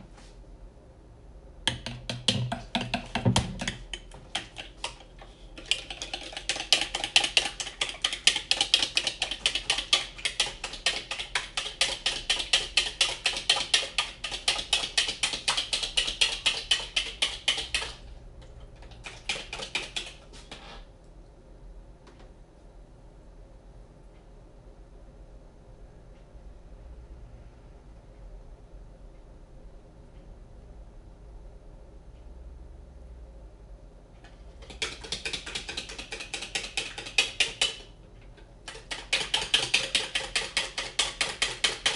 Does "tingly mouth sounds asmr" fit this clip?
no